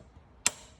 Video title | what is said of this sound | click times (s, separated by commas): Ferrari California Engine Oil and Filter Change | and once you got it set just turn it and you hear that little click | 0.5 s